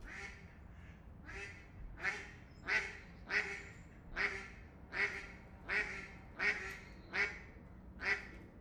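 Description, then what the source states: Duck quacking in a steady series, about one nasal quack every three-quarters of a second, with low background rumble throughout. On a European canal during the day.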